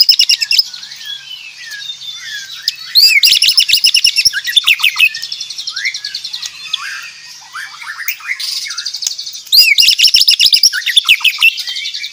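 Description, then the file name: White-rumped shama pouring out dense, rapid song, bursts of fast trills and chattering notes alternating with softer twittering passages, loud and continuous throughout. Aceh variety; loud, fast-paced, densely delivered song. "Suara Jernih murai aceh gacor speed rapat"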